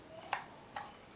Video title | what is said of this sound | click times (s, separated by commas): Battery operated fire safety alarm system in tamil Electrical Express - TAMIL | lock பண்ணியாச்சு. | 0.3 s, 0.8 s